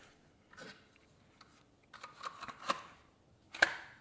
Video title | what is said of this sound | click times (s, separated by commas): HAVOK HOLSTERS - Appendix carry how too - EDC - Holster Review Series | Glock goes right in there snaps into place show you guys here | 3.6 s